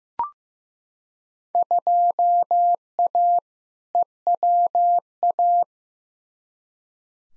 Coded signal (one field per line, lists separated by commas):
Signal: Morse code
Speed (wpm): 16 wpm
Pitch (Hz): 700 Hz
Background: none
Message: 2A EWA